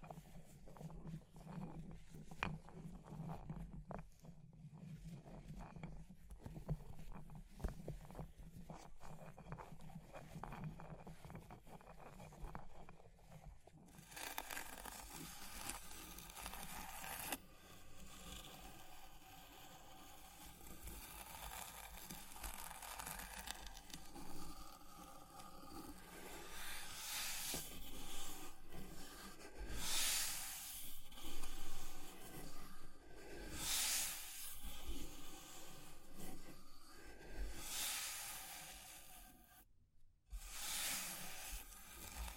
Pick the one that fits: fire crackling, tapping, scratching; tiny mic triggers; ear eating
fire crackling, tapping, scratching